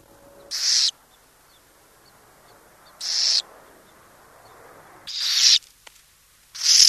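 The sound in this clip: Burrowing owl repeating raspy, hissing screeches at uneven gaps of about two seconds, with a soft steady hiss of background noise between them.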